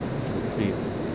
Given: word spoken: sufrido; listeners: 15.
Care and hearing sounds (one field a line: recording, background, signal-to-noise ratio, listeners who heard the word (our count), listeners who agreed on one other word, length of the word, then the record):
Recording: one Spanish word in noise, from a listening test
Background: speech-shaped noise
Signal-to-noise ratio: -4.0 dB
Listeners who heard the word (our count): 0 of 15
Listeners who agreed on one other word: 14 of 15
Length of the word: 0.75 s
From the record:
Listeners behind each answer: 14, 1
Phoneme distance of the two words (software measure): 17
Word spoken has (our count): 3 syllables, 7 phonemes, stress on syllable 2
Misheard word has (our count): 2 syllables, 6 phonemes, stress on syllable 2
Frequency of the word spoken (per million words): 31.47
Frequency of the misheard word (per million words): 31.29